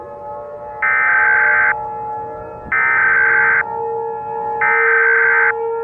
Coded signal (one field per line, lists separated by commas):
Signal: Emergency Alert System (SAME) tones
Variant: header bursts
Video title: EAS Scenario Special - Tidal Wave